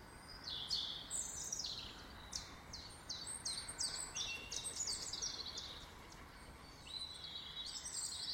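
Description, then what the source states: Bird song, a long series of repeated descending high chirps in quick succession, followed by a shorter phrase near the end, over hiss. Birds singing in a garden.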